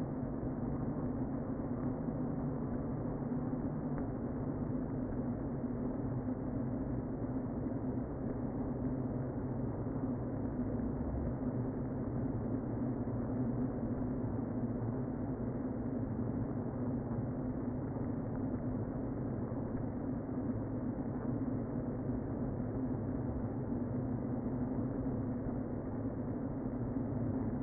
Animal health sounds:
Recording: honeybee colony, microphone inside the hive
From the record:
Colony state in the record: queen present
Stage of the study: before two queens were removed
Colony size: about 60,000 bees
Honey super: yes

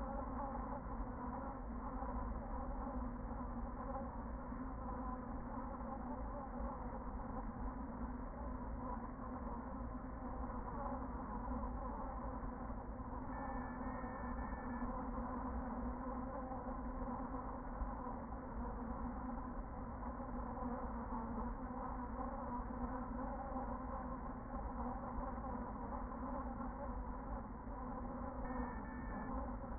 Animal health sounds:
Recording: honeybee colony, microphone inside the hive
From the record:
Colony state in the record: queen present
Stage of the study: after two queens were removed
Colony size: about 40,000 bees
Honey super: no

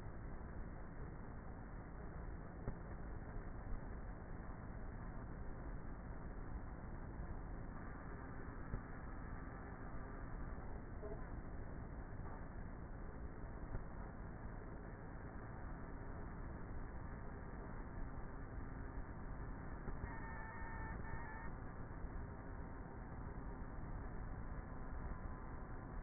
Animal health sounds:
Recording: honeybee colony, microphone inside the hive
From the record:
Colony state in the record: queenless with a low population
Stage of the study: before two queens were removed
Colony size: about 30,000 bees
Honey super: no

